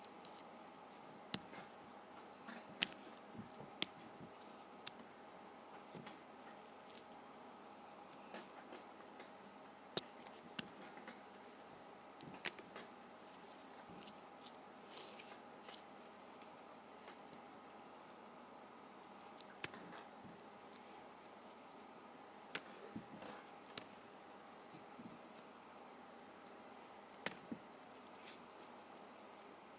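Pages of a paper pad are flipped in quick, scattered flicks and clicks over a steady, quiet hiss, with brief pauses between bursts.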